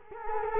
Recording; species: mosquito wingbeat signal from an infrared sensor; Culex quinquefasciatus